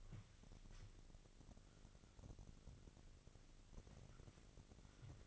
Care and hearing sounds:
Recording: daily activity, microphone in the room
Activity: wipe stove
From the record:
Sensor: 4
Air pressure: 1002.4 hPa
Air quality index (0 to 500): 214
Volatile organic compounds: 11 ppm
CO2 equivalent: 2314 ppm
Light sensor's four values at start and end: 18/66/24/24 and 18/66/24/24

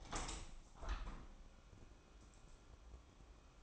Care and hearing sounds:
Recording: daily activity, microphone in the room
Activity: open window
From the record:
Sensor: 1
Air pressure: 1000.5 hPa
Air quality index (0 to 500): 183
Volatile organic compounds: 4 ppm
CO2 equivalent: 1682 ppm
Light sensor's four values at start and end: 10/24/10/11 and 11/26/10/12

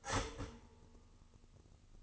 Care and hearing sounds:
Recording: daily activity, microphone in the room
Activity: start toaster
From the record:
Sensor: 4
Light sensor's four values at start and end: 9/20/8/8 and 9/21/8/8

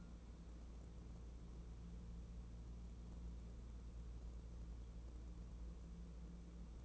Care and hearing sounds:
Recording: daily activity, microphone in the room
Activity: wipe stove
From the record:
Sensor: 1

